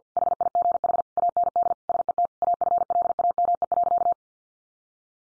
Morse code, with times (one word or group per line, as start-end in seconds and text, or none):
0.2-1.0 HIGH
1.2-1.7 AND
1.9-2.3 SET
2.4-4.1 AFLAME.